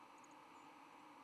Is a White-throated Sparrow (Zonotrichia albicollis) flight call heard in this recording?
yes